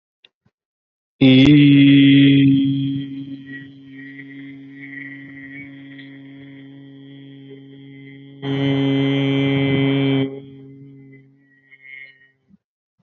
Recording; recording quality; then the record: sustained vowel as in beet; excellent, no background noise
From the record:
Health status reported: respiratory illness, not identified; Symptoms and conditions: asthma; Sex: male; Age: 30 years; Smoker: yes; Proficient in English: yes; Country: India